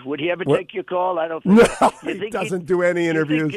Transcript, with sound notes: Would he ever take your call? I don’t think so. (laughing)
He doesn’t do any interviews.